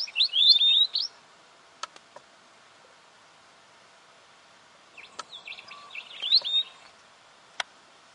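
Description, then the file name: Weebill song: a short burst of high twittering notes, several seconds of quiet with occasional clicks, then a softer, busier twittering phrase. "canto do gerigono de bico curto"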